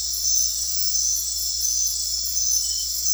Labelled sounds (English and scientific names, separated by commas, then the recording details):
none
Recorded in dense forest near Puerto Asís, Putumayo, Colombia, on 8 March 2025 at 22:30
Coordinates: 0.503, -76.323
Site GP09